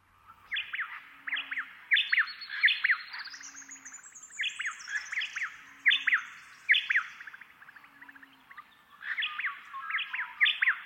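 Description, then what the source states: White-eared Honeyeater song: loud, ringing downslurred notes in quick repeated phrases, with a high thin sweeping call and soft low notes below. A pair, presumably on adjacent home ranges, countersinging at dawn by alternating calls; breeding season song.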